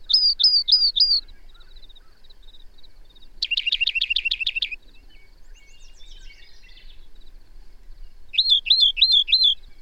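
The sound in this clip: Bird song: four whistled upslurs, then a fast sharp trill, some soft scratchy twittering, and a closing run of slurred whistled notes.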